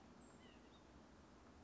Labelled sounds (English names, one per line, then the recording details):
White-breasted Nuthatch
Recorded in Sonoma County, California